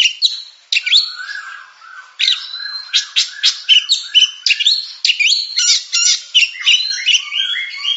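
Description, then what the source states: Oriental magpie-robin singing a rich, varied sequence of clear whistles and hard clicks, with lower mellow notes running underneath. Champion singing bird.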